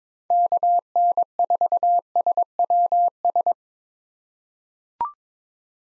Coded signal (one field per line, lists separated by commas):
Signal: Morse code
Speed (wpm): 22 wpm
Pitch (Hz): 700 Hz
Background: none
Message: KN4SWS